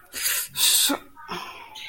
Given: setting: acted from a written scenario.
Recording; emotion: vocal sound without words; disgust